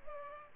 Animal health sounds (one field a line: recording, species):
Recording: mosquito wingbeat signal from an infrared sensor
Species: Culex pipiens